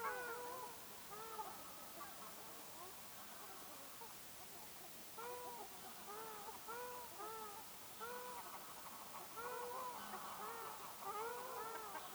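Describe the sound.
Ruddy shelduck honks, nasal arched notes in short bursts from more than one bird, with quiet gaps between bursts.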